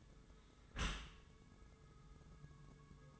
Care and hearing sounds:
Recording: daily activity, microphone in the room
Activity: close dishwasher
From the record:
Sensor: 3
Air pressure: 1014.9 hPa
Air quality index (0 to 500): 40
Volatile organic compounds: 1 ppm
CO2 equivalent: 591 ppm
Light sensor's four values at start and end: 12/26/11/11 and 11/26/11/11

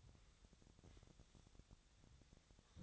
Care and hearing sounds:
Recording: daily activity, microphone in the room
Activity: sweep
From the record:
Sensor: 3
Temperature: 25.7 degrees Celsius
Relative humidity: 37.5%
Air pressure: 1006.9 hPa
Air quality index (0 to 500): 204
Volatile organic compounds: 18 ppm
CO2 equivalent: 2612 ppm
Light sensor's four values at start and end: 11/26/11/10 and 11/26/11/10

